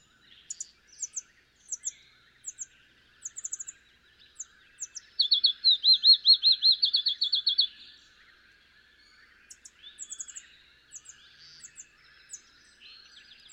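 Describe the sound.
Field sparrow singing a string of sweet whistled notes lasting about three seconds. Scattered high, thin chips from another bird come before and after the song.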